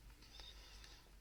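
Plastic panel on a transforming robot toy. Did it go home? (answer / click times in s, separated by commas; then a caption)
no / none. A second plastic panel on a Fanstoys Jabber transforming robot toy is being handled with the thumb during transformation, meant to be pushed until it clicks into place like the first panel. Only faint handling sounds are heard, with small ticks around 0.4 s and 0.8 s over a low background hum. Nothing has seated or clicked yet.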